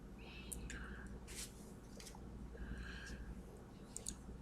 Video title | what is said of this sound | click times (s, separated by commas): Diora Spaceport WebSeries BTS Update 2 | that'll snap right into place and again I've got enough of these that I can do both sides | 0.5 s, 4.0 s